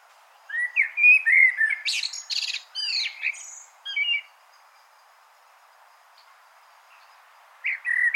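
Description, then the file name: Common blackbird song: rich, fluted warbles sliding up and down with scratchy high notes mixed in; after a pause a new phrase begins. "Turdus merula"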